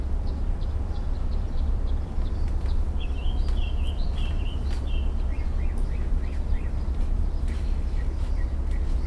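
Mockingbird singing a jumble of chattering phrases, then a row of short repeated chevron-shaped notes, with a steady low roar in the background.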